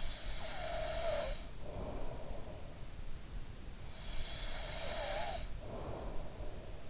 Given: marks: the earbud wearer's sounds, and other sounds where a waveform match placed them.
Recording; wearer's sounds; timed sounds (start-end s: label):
sounds in sleep by an in-ear microphone; snoring breath
0.00-2.00 s: snoring breath
3.89-6.29 s: snoring breath